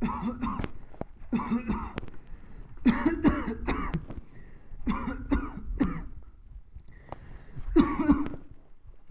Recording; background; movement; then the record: voluntary coughing; quiet; sitting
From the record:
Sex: male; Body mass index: 21.0 kg/m2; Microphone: on the chest, facing the body